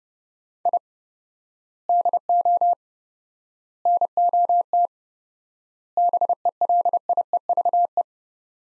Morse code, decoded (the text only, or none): I DO NOT BELIEVE